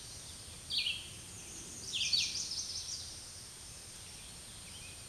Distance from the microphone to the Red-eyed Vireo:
about 10 m